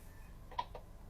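The plastic ceiling cover of an RV air conditioner is pushed up onto its mounting bracket against a low steady hum. A sharp, short tick is heard at 0.6 s as it snaps into place, with a softer tick at 0.8 s. The cover is seated on the bracket.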